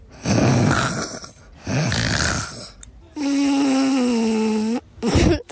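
Two rough, fluttering nasal snore sounds and a sustained hum, a child imitating snoring on purpose by breathing through the nose; the snore sounds like a helicopter.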